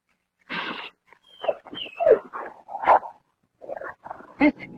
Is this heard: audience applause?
no